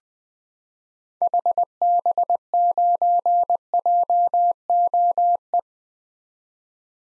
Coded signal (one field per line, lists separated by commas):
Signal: Morse code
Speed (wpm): 21 wpm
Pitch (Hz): 700 Hz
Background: none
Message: HB9JOE